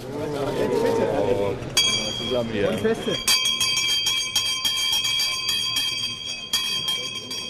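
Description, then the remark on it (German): An old stock exchange bell on the trading floor, rung by bicycle makers after the broker calls the first share price, rings in a sustained, bright, metallic peal with a rapid repeated clatter, starting after a few seconds of voices and continuing over crowd chatter, briefly restruck near the end. “Die Fahrradbauer sind zufrieden und sie dürfen die alte Börsenglocke läuten.”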